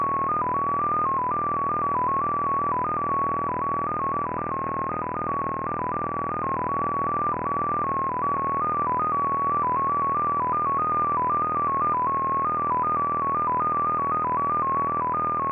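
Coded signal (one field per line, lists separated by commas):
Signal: multi-tone FSK (Olivia or MFSK type)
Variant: XPA2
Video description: XPA2 is a digital mode of the Russian 7 operator. It utilizes a custom 14-tone MFSK system.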